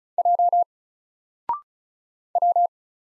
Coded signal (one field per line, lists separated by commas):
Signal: Morse code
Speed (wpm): 36 wpm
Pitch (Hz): 700 Hz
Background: none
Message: J W